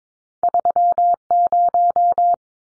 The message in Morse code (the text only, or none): 30